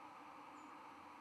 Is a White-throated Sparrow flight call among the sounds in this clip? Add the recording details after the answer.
yes. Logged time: 01:48 on 11 November 2014